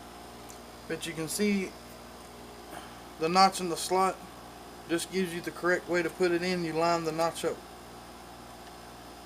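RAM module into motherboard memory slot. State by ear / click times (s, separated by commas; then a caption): not seated / none. A RAM module is being lined up with a motherboard memory slot so that its notch matches the tab in the slot, before it is pushed home. Someone talks in several bursts over a steady low background hum. The stick has not been pushed in yet, and nothing has seated or clicked.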